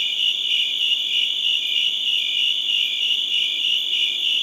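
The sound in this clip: Cricket gives an even, high-pitched pulsing trill that never stops, its beats coming roughly three per second.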